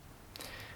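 A plastic picture hanging strip is pulled apart from its matching interlocking strip and releases with a sharp click at 0.4 s (0.36 s), followed by a brief rustling crackle. A fainter tick follows near the end of the clip.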